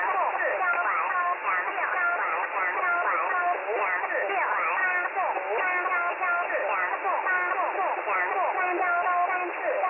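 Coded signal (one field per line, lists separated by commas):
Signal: numbers station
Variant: VC01, Chinese robotic voice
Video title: VC01 Chinese Robot at 4684 kHz in USB mode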